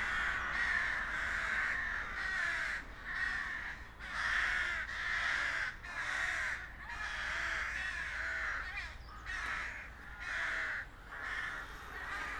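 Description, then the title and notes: Crows cawing repeatedly, harsh nasal calls about once a second, with a low traffic hum beneath. Crows in a small park near the Rhine bank, Josef-Bueb-Straße, Breisach am Rhein, Germany, with street noise. "Josef-Bueb-Straße, 79206 Breisach am Rhein, Deutschland - Krähen und Straßenlärm. Kleiner Park nähe Rheinufer. Straßen- und Krähenlärm"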